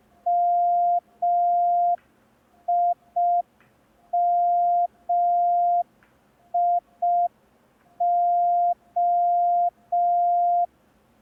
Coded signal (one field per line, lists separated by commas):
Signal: Morse code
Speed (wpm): 5 wpm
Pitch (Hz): 700 Hz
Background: none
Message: MIMIO